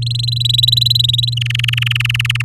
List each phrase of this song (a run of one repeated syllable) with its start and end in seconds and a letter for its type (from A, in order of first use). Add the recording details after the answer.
0.02-1.34 A, 1.37-2.42 B. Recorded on 10 May 2018 at 17:13. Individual llb16